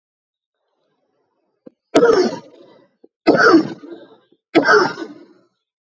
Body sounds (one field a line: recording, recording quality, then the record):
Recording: heavy voluntary cough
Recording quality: excellent, no background noise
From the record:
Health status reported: exposed to COVID-19, no respiratory illness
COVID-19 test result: negative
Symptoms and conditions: cough, sore throat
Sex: male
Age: 40 years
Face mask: not worn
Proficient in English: yes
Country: India